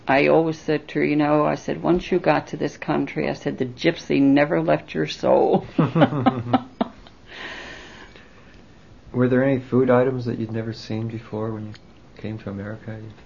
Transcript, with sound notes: I always said to her, "You know," I said, "once you got to this country, "I said," the gypsy never left your soul." ( they laugh )
Were there any food items that you'd never seen before when you came to America,